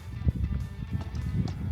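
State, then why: Not seated. A flight battery is being handled at the top battery bay of a Talos T60X agricultural spray drone with a little water in it, sliding in from the top. Low thumps and handling noise are heard, with sharper knocks at 0.3 s and 1.5 s. Nothing has seated or clicked into place yet.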